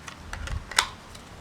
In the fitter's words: snaps into place like that